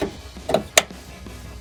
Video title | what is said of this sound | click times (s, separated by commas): 2003-2005 RAM 2500 Raxiom Axial Series LED Projector Headlights Review & Install | Push it in until you hear it click. | 0.8 s